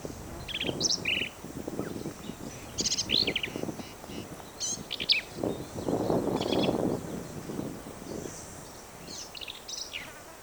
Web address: birds vireos